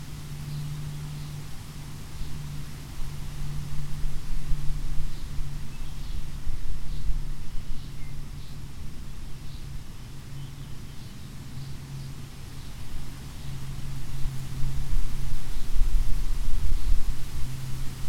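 Wind moves through an oak and hickory stand by a mill pond, a steady low rumble with gusts that swell around five and again near fifteen seconds. A low hum runs underneath throughout, and faint brief chirps flicker high above.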